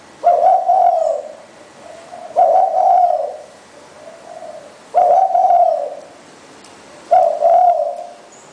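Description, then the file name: Spotted dove cooing four times, loud rough coos, most followed by a quieter short note. "นกเขาใหญ่"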